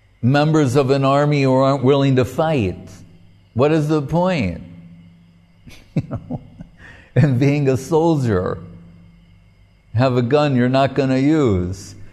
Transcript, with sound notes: members of an army that aren't willing to fight. What is the point? [laughing] You know, and being a soldier, have a gun you're not going to use.